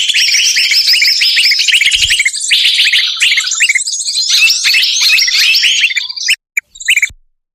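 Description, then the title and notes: Bird chirping: dense, rapid, high-pitched chattering notes from many birds, running almost continuously, then breaking into a few scattered chirps before silence. Compilation of lure calls for drawing in wary birds that are hard to bring close. "Suara Burung Bandel Yang Susah Mendekati. Kompilasi Suara Pikat Burung"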